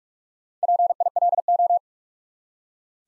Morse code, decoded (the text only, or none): PILO